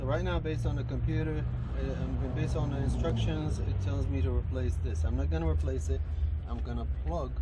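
A wiring harness connector is being handled at the intake manifold runner control valve of a 2009 Dodge Caliber with a P2010 intake manifold runner control circuit high code, suspected of not being fully plugged in, to be plugged back in rather than replacing the valve. Someone talks throughout over a steady low rumble. Nothing has seated or clicked yet.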